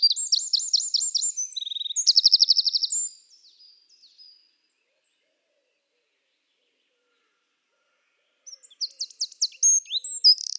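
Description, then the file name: Eurasian wren song: an energetic stream of high, fast trills and ringing notes for about three seconds, a long pause, then another vigorous trilled phrase. "Troglodyte"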